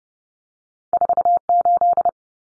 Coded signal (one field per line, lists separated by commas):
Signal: Morse code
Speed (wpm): 30 wpm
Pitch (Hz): 700 Hz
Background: none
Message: 48